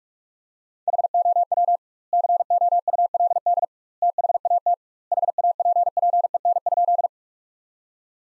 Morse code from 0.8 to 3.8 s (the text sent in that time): HOW COULD